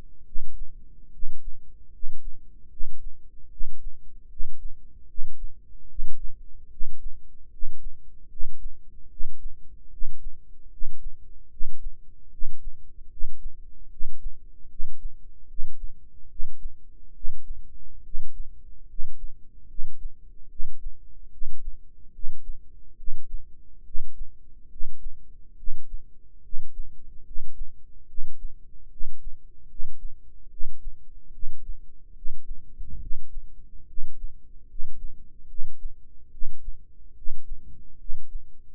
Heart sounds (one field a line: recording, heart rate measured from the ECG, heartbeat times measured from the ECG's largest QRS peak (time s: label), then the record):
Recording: heart sounds by microphone in the right ear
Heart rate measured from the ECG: 73 bpm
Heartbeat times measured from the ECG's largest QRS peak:
0.24 s: heartbeat
1.10 s: heartbeat
1.90 s: heartbeat
2.68 s: heartbeat
3.49 s: heartbeat
4.28 s: heartbeat
5.06 s: heartbeat
5.87 s: heartbeat
6.68 s: heartbeat
7.49 s: heartbeat
8.28 s: heartbeat
9.08 s: heartbeat
9.89 s: heartbeat
10.69 s: heartbeat
11.48 s: heartbeat
12.29 s: heartbeat
13.08 s: heartbeat
13.88 s: heartbeat
14.67 s: heartbeat
15.46 s: heartbeat
16.27 s: heartbeat
17.12 s: heartbeat
18.02 s: heartbeat
18.86 s: heartbeat
19.66 s: heartbeat
20.47 s: heartbeat
21.29 s: heartbeat
22.11 s: heartbeat
22.95 s: heartbeat
23.83 s: heartbeat
24.68 s: heartbeat
25.55 s: heartbeat
26.41 s: heartbeat
27.23 s: heartbeat
28.06 s: heartbeat
28.88 s: heartbeat
29.66 s: heartbeat
30.48 s: heartbeat
31.31 s: heartbeat
32.13 s: heartbeat
32.98 s: heartbeat
33.85 s: heartbeat
34.66 s: heartbeat
35.46 s: heartbeat
36.29 s: heartbeat
37.13 s: heartbeat
37.96 s: heartbeat
From the record:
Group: healthy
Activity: rest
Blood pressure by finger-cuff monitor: 114/66 mmHg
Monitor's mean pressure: 78 mmHg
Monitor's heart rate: 73 bpm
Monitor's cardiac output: 7.3 L/min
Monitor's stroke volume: 100 mL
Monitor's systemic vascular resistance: 780 dyn s/cm5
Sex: male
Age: 35 years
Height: 180 cm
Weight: 86.9 kg